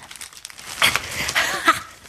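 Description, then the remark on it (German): A newspaper is slowly slid back across the floor under a door to retrieve a key pushed out of the lock with a bent paperclip, giving a few soft papery rustles and scrapes in short bursts, with a faint scratchy squeak in the middle. “Und jetzt ganz vorsichtig die Zeitung zurückziehen.”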